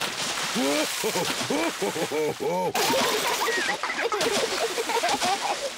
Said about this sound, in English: Steady on. You started it, Daddy Pig. Maybe that's enough splashing.